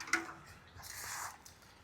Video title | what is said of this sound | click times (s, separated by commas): Holy Stone HS290 Drone with 1080P FPV Camera Foldable RC Quadcopter with Optical Flow | and you'll hear it clicking in place. | 0.1 s